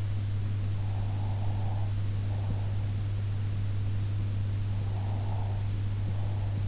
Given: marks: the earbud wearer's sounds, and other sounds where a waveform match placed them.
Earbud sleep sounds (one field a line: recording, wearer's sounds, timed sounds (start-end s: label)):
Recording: sounds in sleep by an in-ear microphone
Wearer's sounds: breath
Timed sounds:
0.77-2.92 s: breath
4.68-6.68 s: breath